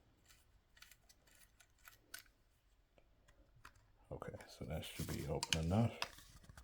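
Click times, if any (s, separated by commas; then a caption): none. The plastic ball tip of a solar landscape light head is handled at its loosened swivel socket while someone talks. Faint ticks and taps give way to louder plastic rustling and scraping from about 4.1 s. The ball joint has not popped into the socket yet, and nothing has seated or clicked by the end of the clip.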